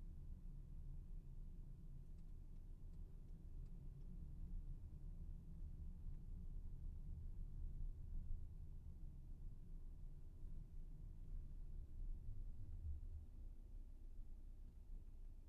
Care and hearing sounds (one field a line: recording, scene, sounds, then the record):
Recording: everyday scene through a hearing-aid microphone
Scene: in a vehicle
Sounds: engine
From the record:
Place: VW T5 Caravelle, diesel engine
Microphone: behind the ear, left, front